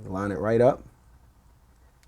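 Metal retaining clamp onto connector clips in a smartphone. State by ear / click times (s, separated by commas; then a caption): seated / 2.0 s. Someone talks briefly as a small metal retaining clamp is lined up over the flex cable connector clips inside an iPhone 4 (GSM) and pushed down. After a stretch of near silence, one sharp, faint click at 2.0 s marks the clamp snapping onto the clips and seating.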